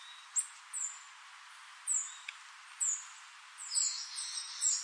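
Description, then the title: Bird chirps, single high, sharp downslurred notes at intervals, then a brief denser cluster of chirps at the end, over light hiss. "LuckyPassaro Completos2Sama"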